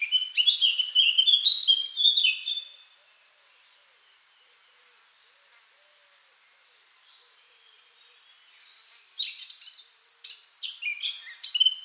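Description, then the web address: Eurasian blackcap singing a quick scratchy warble for nearly three seconds, then a long quiet gap before another burst of jumbled, higher twittering notes. "SETE Sylvia atricapilla"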